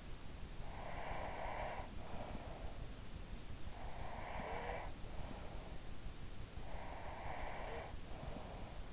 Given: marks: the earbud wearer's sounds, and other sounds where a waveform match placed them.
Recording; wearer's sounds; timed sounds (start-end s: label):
sounds in sleep by an in-ear microphone; breath
0.86-3.04 s: breath
4.03-5.91 s: breath
6.91-8.93 s: breath